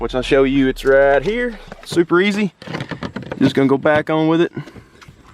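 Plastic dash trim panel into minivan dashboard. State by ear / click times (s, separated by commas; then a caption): not seated / none. Someone talks while a plastic dashboard trim panel, removed for a DVD player install, is handled on the dash of a 2018–2019 Honda Odyssey minivan, about to be pushed back on. The clip ends before the panel goes home; nothing has snapped or seated yet.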